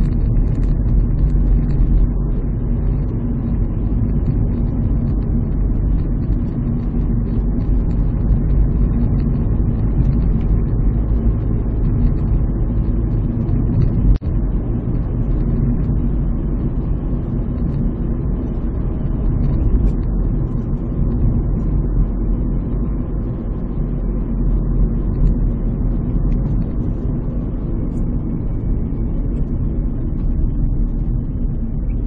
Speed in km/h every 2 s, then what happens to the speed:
36, 38, 37, 40, 39, 40, 46, 48, 48, 49, 48, 47, 45, 39, 29, 24.
0-9 steady at about 38. 9-13 speeds up to 48. 13-21 steady at about 48. 21-32 slows to 24.